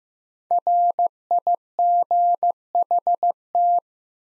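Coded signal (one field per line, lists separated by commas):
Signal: Morse code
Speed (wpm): 15 wpm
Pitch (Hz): 700 Hz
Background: none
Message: RIGHT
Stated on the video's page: Morse new-word head-copy drill at 15 wpm; each word sent, spoken, then sent again.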